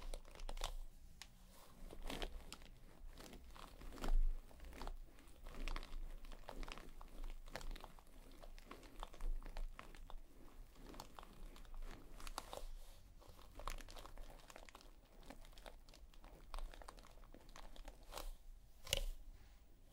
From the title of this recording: massage your scalp and brush your hair